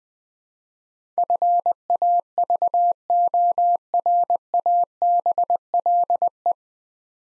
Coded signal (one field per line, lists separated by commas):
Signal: Morse code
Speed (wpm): 20 wpm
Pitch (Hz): 700 Hz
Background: none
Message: FAVORABLE